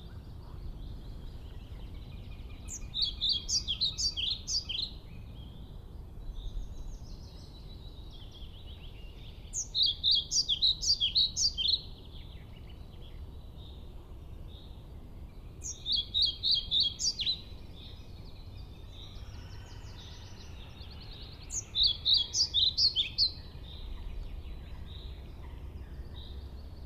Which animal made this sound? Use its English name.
European Pied Flycatcher